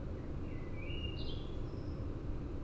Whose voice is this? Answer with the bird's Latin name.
Turdus merula